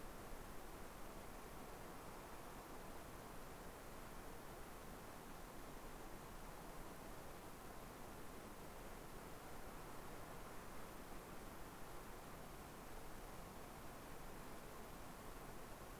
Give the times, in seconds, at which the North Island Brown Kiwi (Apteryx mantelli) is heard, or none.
none